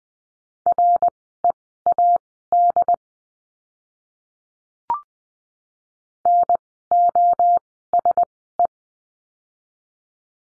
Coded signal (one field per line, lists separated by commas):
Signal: Morse code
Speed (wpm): 20 wpm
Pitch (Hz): 700 Hz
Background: none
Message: READ NOSE